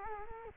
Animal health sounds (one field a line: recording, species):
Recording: mosquito wingbeat signal from an infrared sensor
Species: Culex quinquefasciatus